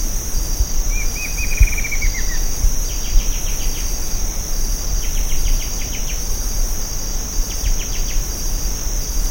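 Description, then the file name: Bird trills once, a quick falling run of notes, then three bursts of rapid high ticking notes follow, with a steady insect drone and low noise throughout. "SABIOD 50 bird 2015"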